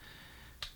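Parts of a plastic transforming robot toy are folded down so they peg into slots on the robot body. After a quiet stretch, a single sharp snap is heard at 0.6 seconds as the part seats in place.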